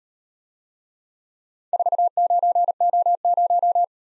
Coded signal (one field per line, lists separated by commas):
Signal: Morse code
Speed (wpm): 36 wpm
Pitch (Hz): 700 Hz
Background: none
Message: 49O0